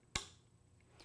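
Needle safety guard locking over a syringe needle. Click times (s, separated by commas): 0.2 s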